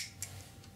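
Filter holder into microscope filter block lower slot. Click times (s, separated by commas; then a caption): 0.2 s. The bottom filter holder is slid into the lower slot of a 3D-printed microscope filter block, resting on the quick-release part. A sharp click at 0.2 s marks it seating in place, followed by a fainter tick near 0.6 s. The filter is seated.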